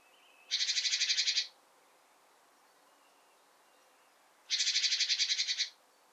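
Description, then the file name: Great tit harsh, buzzy rattling call: two bursts of rapid churring notes, each about a second long and a few seconds apart, in otherwise quiet surroundings. "Parus major"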